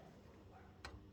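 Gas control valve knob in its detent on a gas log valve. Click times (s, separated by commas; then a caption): 0.8 s. A gas log control valve knob is turned to the pilot position against a quiet, steady low background. A single short, sharp click sounds at 0.9 s as the knob pops into its pilot detent groove, and the knob is seated.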